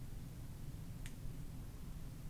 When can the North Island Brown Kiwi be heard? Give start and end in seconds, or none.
none